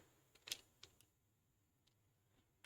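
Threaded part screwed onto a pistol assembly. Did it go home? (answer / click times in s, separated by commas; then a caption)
yes / 0.5 s, 0.8 s, 1.0 s. A threaded part is screwed down by hand onto a Glock 19 Gen 5 pistol assembly, giving three small clicks at 0.5, 0.8 and 1.0 seconds, with the first the loudest. The part is then fully seated, and a louder sharp click follows at 2.7 seconds.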